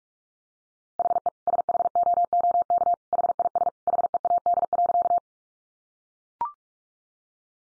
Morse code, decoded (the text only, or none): HE SHOOK HIS HEAD.